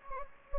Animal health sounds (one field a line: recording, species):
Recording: mosquito wingbeat signal from an infrared sensor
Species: Anopheles gambiae